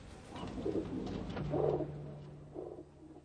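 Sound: pigeons cooing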